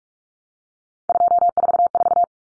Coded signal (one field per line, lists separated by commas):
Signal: Morse code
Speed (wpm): 44 wpm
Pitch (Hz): 700 Hz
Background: none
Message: 244